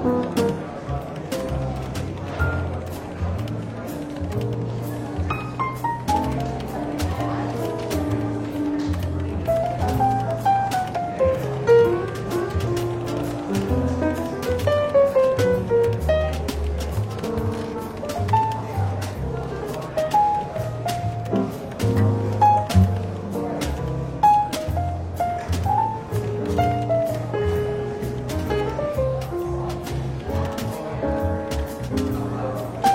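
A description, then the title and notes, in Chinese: Soft, easygoing jazz plays throughout a London bookshop café, its bass notes and melody lines moving steadily without pause. A light murmur of voices and frequent small clicks and taps sit over the music, keeping the level even and gently busy. 伦敦书店咖啡馆轻微喧闹氛围与柔和轻松的爵士背景音乐。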